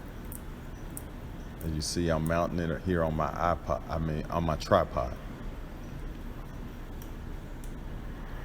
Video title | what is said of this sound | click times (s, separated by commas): Review DeWalt Fan DCE511 Cordless Portable Fan The Best Portable Fan Straight Out The Box | just sit it on your iPod hoping to break it up and it snaps right in place as | 0.4 s, 1.0 s